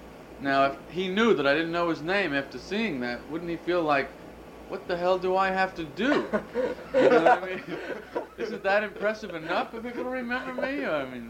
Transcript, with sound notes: Now, if he knew that I didn't know his name after seeing that, wouldn't he feel like, what the hell do I have to do?
(Laughter).
You know what I mean? Isn't that impressive enough for people to remember me?